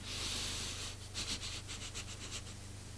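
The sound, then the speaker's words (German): With eyes closed, a person takes a long, airy inhale through flared nostrils, then a quick series of about eight short, soft sniffs, smelling for a scent of violets, all faint and breathy over a low steady hum. “Bitte gehorsamst die Augen zu schließen und durch geblähte Nasenflügel zu atmen.”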